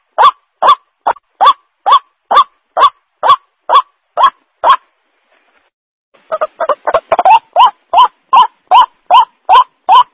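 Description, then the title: White-breasted waterhen harsh croaking calls repeated rapidly, a brief pause midway, then overlapping, denser calls before the steady rhythm resumes. Lure call for attracting the birds. "Pancingan Suara Ruak Ruak"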